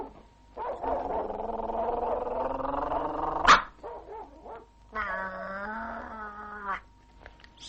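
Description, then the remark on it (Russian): A dog called Khrap gives two long, drawn-out, loud barking vocalizations, the first about three seconds and ending in a sharp snap, the second shorter after a brief pause, with no one talking. “Этого пса я зову храпом. Он загрыз как-то человека.”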